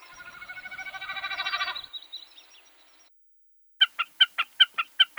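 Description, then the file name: Common Snipe, a pulsing hum that swells and then fades over about three seconds, then a pause, then a fast regular series of sharp clipped calls. "Gallinago gallinago"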